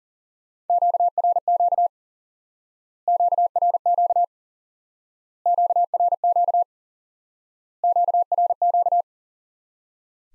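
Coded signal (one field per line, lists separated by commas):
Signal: Morse code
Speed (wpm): 40 wpm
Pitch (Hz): 700 Hz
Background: none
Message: QRQ QRQ QRQ QRQ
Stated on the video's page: High-speed (QRQ) Morse lesson teaching common QSO elements by instant word recognition.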